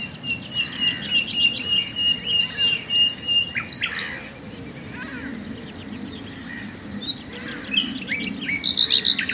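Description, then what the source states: Common nightingale song opening with a sustained pure whistle over pulsing repeated notes, then chattering phrases and a final rapid rattling trill. Recorded at Swale.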